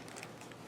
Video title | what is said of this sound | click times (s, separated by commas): MAFEX Medicom Toys DC Comics The Dark Knight Returns BATMAN Action Figure Review | once you hear the snap, there you go, as simple as that. | 0.2 s